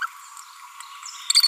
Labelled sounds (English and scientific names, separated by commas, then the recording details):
Green-rumped Parrotlet (Forpus passerinus) babbling
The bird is a female
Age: 30 days
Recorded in a nest box in Venezuela
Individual 17B42A4